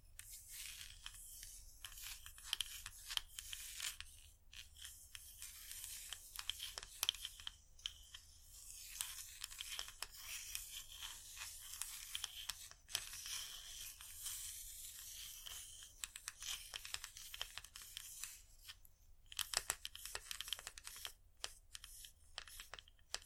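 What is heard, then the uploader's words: Dense, irregular scratchy tapping runs throughout, bright and crackly with quick clustered strikes and brief pauses near 13 and 19 seconds. Irresistible Scratchy-tapping. No Talking.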